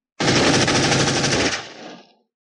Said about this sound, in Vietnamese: Đồng tử kéo súng máy, tùy ý chỉa về cái đám quái thú chung quanh bắn bừa.